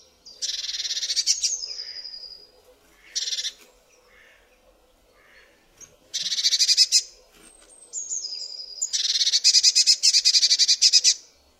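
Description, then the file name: Eurasian blue tit giving harsh buzzy churring bursts mixed with thin, high descending whistled notes, repeated in several phrases over about twelve seconds. "MODRASZKA"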